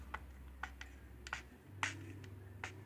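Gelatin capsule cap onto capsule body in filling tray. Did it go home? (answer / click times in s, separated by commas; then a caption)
yes / 0.1 s, 0.6 s, 1.3 s, 1.8 s, 2.6 s. Gelatin capsule caps are pressed down onto their bodies in a Torpac Profill 100 manual capsule-filling plate so the two halves lock together and won't separate. Sharp, short clicks are heard at about 0.2, 0.6, 1.3 (two in quick succession), 1.8 and 2.6 seconds over a low steady hum. The caps click and lock onto the bodies.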